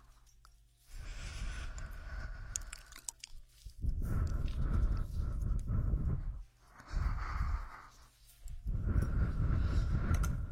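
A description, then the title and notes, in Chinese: Breathing and blowing right at the ear: four long, airy exhales that rush and rumble low, each lasting a second or two and swelling to a strong puff. Short quiet gaps separate them, with a near-silent start before the first breath. 耳边呼吸 吹气。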